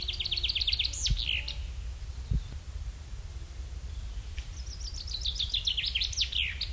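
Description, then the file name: Common chaffinch singing two songs, each a run of repeated notes ending in a twisting flourish, with low wind noise throughout. "Fringilla coelebs"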